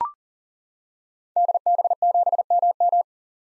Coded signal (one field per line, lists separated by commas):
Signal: Morse code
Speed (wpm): 38 wpm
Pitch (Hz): 700 Hz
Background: none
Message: DB7MM